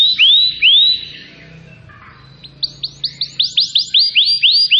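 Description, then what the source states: Canary song: two clear rising whistled slurs, a short pause, then a quick run of sharp upward-sweeping notes. Canary (kenari) song used as a lure for birds.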